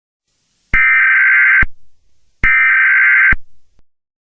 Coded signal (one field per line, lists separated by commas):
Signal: Emergency Alert System (SAME) tones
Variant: header bursts